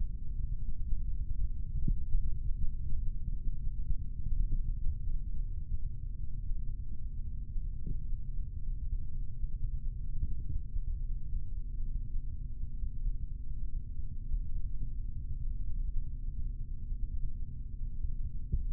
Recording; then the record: forearm muscle sounds (acoustic myography)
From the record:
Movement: rest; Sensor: system 3, bracelet of six PUI Audio POM-2738L microphones around the upper forearm, with dedicated amplification and filtering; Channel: 1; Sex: male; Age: 26 years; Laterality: right